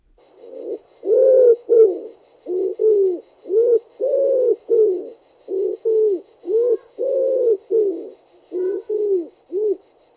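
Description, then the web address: Common wood pigeon giving deep, soft cooing phrases, hooted notes rising and falling in a repeated rhythmic sequence, with a steady faint high-pitched background buzz. "Ringdue"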